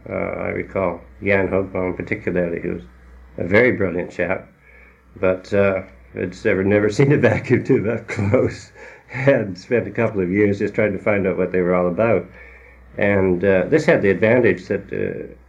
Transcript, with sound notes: I recall Jan Hogbom particularly who was a very brilliant chap but he'd never seen a vacuum tube up close (laughs) and spent a couple of years just trying to find out what they were all about. And this had the advantage that